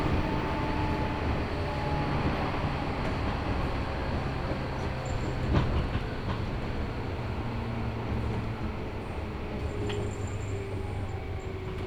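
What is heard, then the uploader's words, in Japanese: A local train on the Chuo East Line rumbles steadily with a low hum and faint whining tones, plus a brief sharp clank near six seconds. 中央東線 普通 韮崎→東山梨。韮崎を出てもまだ下り続けて甲府盆地に入ります。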